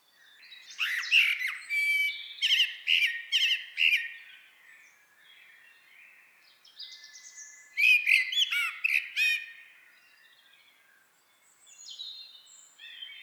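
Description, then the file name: Eurasian blackbird calls: bursts of harsh, chattering notes in two loud clusters, with thinner squeaky twitters between and after them. "Turdus merula"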